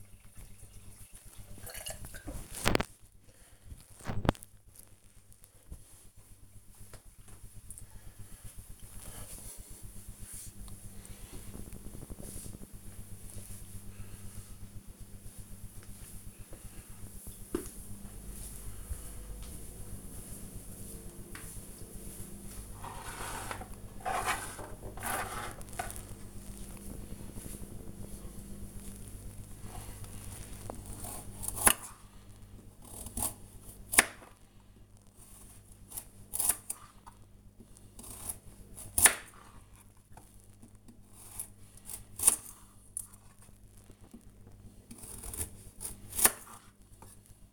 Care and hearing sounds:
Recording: household activities, microphone on the right wrist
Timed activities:
28.40-47.53 s: cutting vegetables

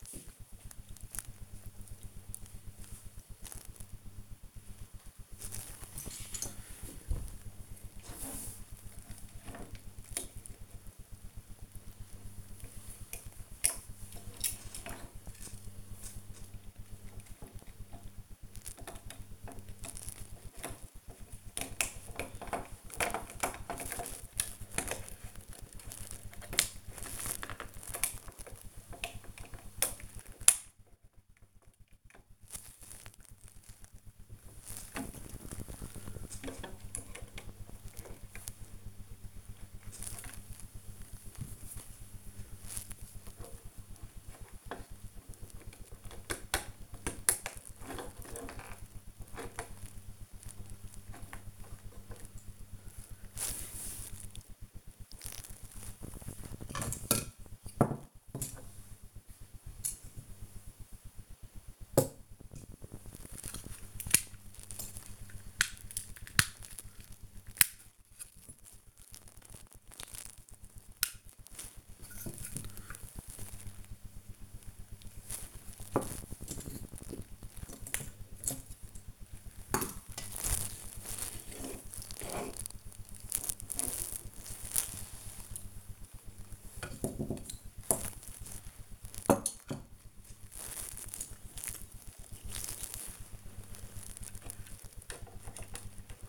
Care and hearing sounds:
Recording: household activities, microphone on the right wrist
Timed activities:
0.00-96.29 s: building with lego

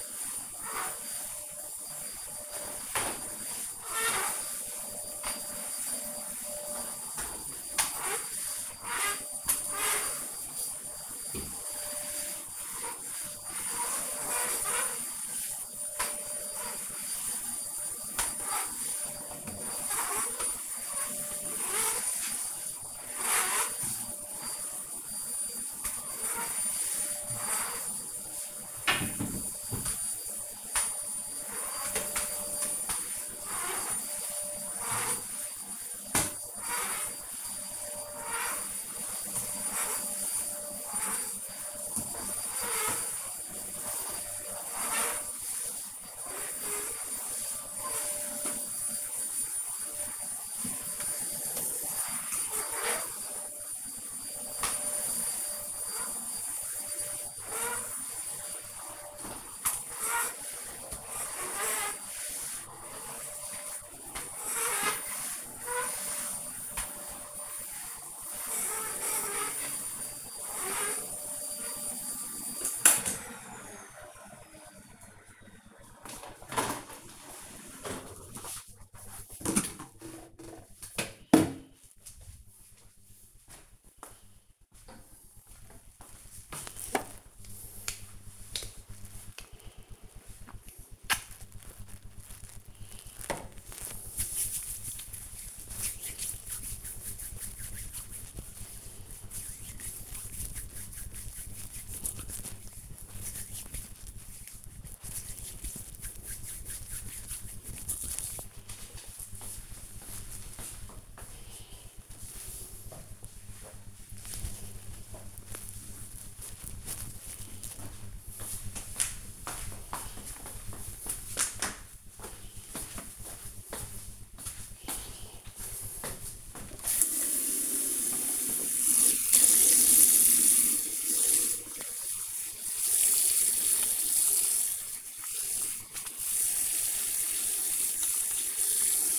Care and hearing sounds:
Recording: household activities, microphone on the right wrist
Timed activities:
0.00-72.25 s: vacuum cleaning
86.34-108.47 s: disinfecting hands
126.59-139.19 s: washing hands

